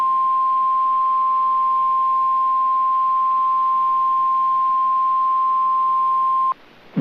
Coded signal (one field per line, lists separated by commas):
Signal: Emergency Alert System (SAME) tones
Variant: 1050 Hz attention tone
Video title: (EAS #14) Severe Thunderstorm Warning (4/16/2024)